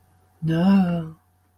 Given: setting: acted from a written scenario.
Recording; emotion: vocal sound without words; guilt